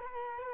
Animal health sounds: mosquito wingbeat signal from an infrared sensor; Culex quinquefasciatus

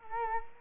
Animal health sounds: mosquito wingbeat signal from an infrared sensor; Culex quinquefasciatus

